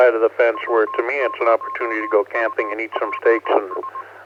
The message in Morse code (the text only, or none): W0UPS